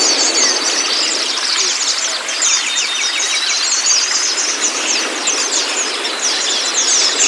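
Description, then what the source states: White-eye song: thick mass of rapid, high, tinkling chirps with a few longer thin whistled notes threaded through, unbroken from start to finish. Therapy training audio for a pleci, meant to get the bird to open its beak and start singing; masteran recording.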